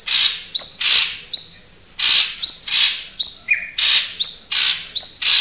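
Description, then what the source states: Oriental magpie-robin sings loud, raspy bursts alternating with clear rising whistles, with one lower whistled note midway. Chirping song.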